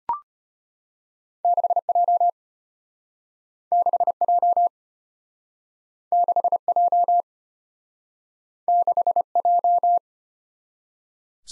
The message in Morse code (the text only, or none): 6J 6J 6J 6J